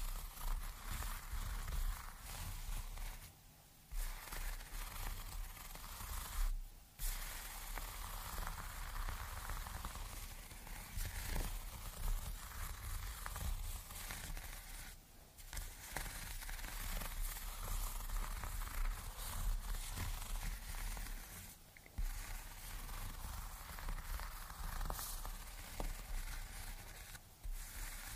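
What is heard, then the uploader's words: Tingly textures fill the clip as a dense, crackling hiss spread from low rumble up to bright highs, with shifting grainy detail throughout. Brief near-silent dropouts cut through at about 3, 7, 15, 22 and 27 seconds before the texture resumes. Surprisingly tingly textures.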